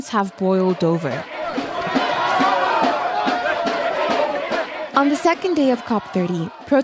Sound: sounds of protest